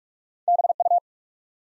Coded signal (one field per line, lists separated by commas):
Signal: Morse code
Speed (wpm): 44 wpm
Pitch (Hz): 700 Hz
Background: none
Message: B U